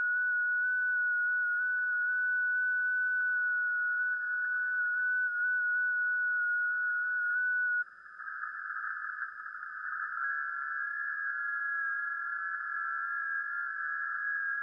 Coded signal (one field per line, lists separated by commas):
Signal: FT8